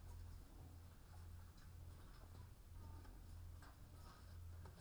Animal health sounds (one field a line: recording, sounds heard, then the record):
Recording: poultry house recording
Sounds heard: sick chickens (respiratory disease)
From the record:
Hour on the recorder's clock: 13